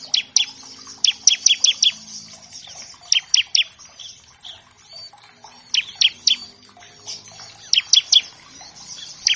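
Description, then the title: Bar-winged Prinia giving short groups of sharp, high chips between pauses. Bird in active song, recorded as a master track for training captive songbirds. "Ciblek Gacor Vs Kenari Gacor. Pancingan Ciblek bahan agar cepat bunyi"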